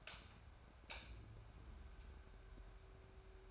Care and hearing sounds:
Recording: daily activity, microphone in the room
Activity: light on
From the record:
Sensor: 2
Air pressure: 1010.1 hPa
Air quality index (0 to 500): 159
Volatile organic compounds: 7 ppm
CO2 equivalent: 1995 ppm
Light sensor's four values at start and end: 40/98/44/49 and 44/109/48/54

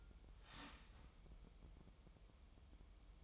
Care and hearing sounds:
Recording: daily activity, microphone in the room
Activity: start toaster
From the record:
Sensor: 1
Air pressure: 988.6 hPa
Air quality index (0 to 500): 196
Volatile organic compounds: 937 ppm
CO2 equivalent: 5235 ppm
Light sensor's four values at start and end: 25/95/36/37 and 25/95/36/37

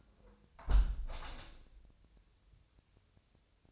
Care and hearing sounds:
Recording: daily activity, microphone in the room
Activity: close window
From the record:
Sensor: 2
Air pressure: 1014.7 hPa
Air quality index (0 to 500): 61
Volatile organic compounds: 1 ppm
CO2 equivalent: 777 ppm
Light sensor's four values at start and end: 8/19/8/8 and 8/19/8/8

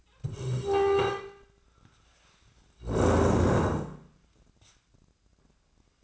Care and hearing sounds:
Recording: daily activity, microphone in the room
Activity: stand up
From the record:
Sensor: 2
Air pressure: 1012.2 hPa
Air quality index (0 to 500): 165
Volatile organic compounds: 2 ppm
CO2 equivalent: 1208 ppm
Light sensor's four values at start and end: 46/117/50/57 and 65/148/69/84

